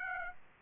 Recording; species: mosquito wingbeat signal from an infrared sensor; Aedes aegypti